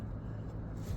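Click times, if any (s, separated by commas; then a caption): none. An airbag harness connector on a 2015 Kia Sedona LX is handled near its mating socket, with the red locking tab pulled back and the fragile wires laid straight to reduce stress on them. Only a steady low rumble is heard, with no sharp sounds. Nothing has seated or clicked yet.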